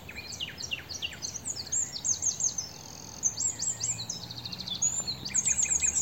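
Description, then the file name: Eurasian wren song, continuous rapid high trills and descending sharp notes in quick overlapping bursts, with a faint low hum in the background. "Troglodytes troglodytes"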